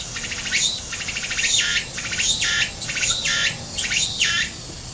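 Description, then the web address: Tsukutsukuboshi cicada singing a high, pulsed, buzzy phrase repeated several times. Heard singing on 17 August 2026 in Japan. "ツクツクボウシが鳴いた ～操明の自然～"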